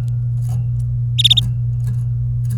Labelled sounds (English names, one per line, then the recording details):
Domestic Canary song
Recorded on 24 April 2018 at 10:22
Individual llb3